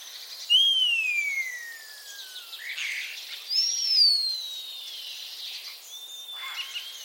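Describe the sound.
Common starling whistles: a long clear whistle sliding downward, a second rising then falling whistle, with scratchy noise between them.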